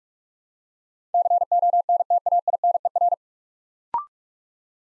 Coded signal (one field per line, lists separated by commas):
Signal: Morse code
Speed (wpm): 44 wpm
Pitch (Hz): 700 Hz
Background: none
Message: CONTAINER